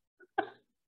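A faint short hack followed by a louder, slightly tonal honking burst: a dog coughing in the background.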